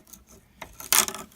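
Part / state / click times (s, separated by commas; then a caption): U-joint clip or cap in axle shaft yoke / released / 0.9 s. A tool pries in the small gap on the steel U-joint and yoke of a Jeep Cherokee axle shaft, with a few light metallic scrapes around 0.6 s and 0.8 s. A sharp, bright metallic click rings out at 0.9 s as the U-joint clip or cap pops free under the pry, followed by a few smaller metallic rattles up to about 1.1 s. The clip is released.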